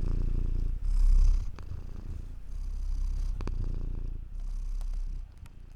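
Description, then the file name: Cat purring, a deep continuous rumble that rises and falls in loudness, with a few soft clicks. "freesound purring cat"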